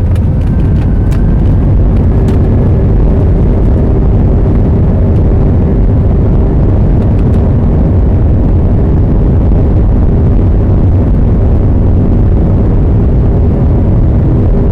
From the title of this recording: Takeoff At SJC